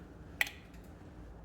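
An engine wiring harness connector is pushed down onto its plastic clip during a knock sensor replacement on a 2000-2007 Chevy Silverado 5.3L/4.8L. A single sharp click sounds at 0.4 s over a low steady background. The connector is seated on the clip.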